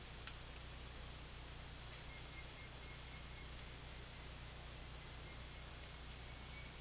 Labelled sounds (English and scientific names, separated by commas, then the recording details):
none
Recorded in dense forest near Puerto Asís, Putumayo, Colombia, on 19 March 2025 at 14:30
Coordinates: 0.503, -76.323
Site GP09